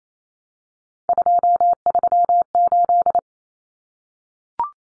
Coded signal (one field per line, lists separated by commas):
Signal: Morse code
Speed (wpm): 28 wpm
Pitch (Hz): 700 Hz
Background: none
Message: 238